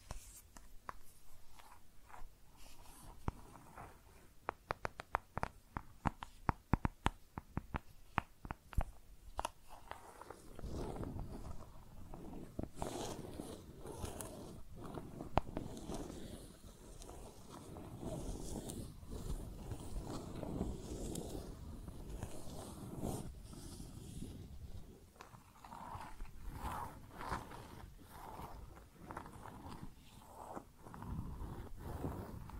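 Makeup containers are tapped and scratched. The first ten seconds bring rapid, sharp, clicky taps in quick bursts, then a denser, steadier scratching takes over with a low rumble beneath it, punctuated by occasional louder knocks until the end.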